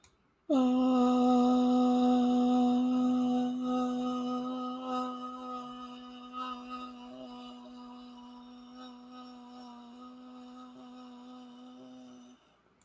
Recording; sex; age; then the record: vowel held as long as possible; female; 40 to 49 years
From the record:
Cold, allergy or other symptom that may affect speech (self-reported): no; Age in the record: 49 years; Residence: North Carolina, United States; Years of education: 16